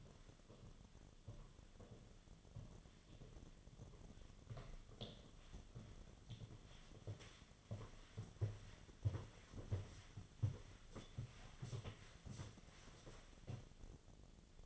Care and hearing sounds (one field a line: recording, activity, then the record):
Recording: daily activity, microphone in the room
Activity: walk to room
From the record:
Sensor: 4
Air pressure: 1011.0 hPa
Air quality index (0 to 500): 161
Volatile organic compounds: 4 ppm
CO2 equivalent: 1641 ppm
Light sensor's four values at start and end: 45/126/51/53 and 43/122/49/51